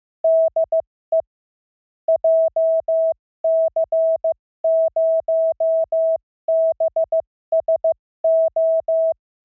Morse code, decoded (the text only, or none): DE JC0BSO